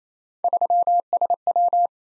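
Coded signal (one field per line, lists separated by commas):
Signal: Morse code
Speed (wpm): 29 wpm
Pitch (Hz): 700 Hz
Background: none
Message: 3SW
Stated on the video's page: Morse head-copy drill of random three-character letter-number combinations at 28 wpm, each sent, spoken, then sent again.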